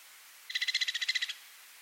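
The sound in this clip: White-winged woodpecker giving a fast, even rattle of many ringing notes lasting under a second, against a faint steady hiss.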